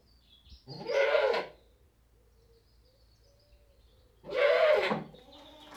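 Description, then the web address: Goat giving two drawn-out, wavering bleats a few seconds apart. Single British Saanen goat bleating. "BBC Sound Effects Library. One British Saanen Goat Bleating"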